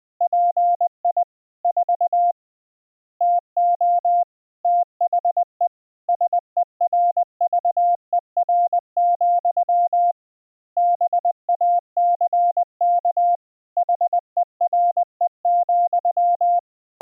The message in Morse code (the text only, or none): PI 4 TO THE SERVER, BACK HERE,